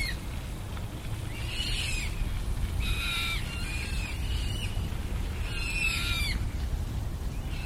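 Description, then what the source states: Eurasian coot youngsters giving drawn-out, slightly descending whistled calls in three loose bursts, with a heavy low rumble throughout. Young birds.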